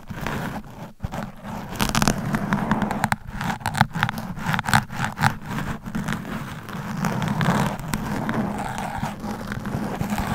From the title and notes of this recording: ASMR Mic Scratching Brain Scratching Hypnotic Asmr No Talking for Sleep with Long Nails.